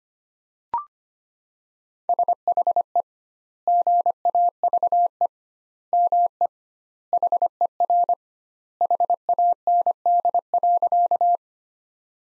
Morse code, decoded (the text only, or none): SHE GAVE ME HER HAND.